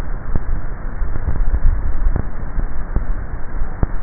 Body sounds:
swallowing sounds by neck microphone; 1
1.25-2.28 s: swallow
From the record:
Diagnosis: dysphagia

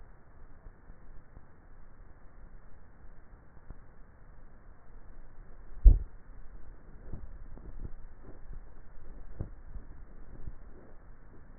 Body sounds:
swallowing sounds by neck microphone; 3
5.53-6.53 s: swallow
7.00-7.78 s: swallow
8.43-10.80 s: swallow
From the record:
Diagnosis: dysphagia

